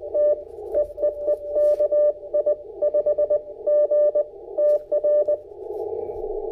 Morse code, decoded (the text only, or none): T EEE KI5G TR